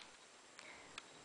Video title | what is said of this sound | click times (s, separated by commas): Toto Toilet Replace Flapper Gasket on Flush/ Drain Valve | it counterclockwise you hear a snapping sound and then | 0.6 s, 1.0 s